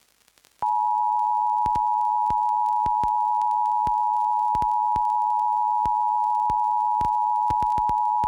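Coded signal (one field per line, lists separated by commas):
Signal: Emergency Alert System (SAME) tones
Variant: 853 and 960 Hz attention tone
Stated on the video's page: Fictional anomaly-threat EAS alert made for entertainment, not a real broadcast.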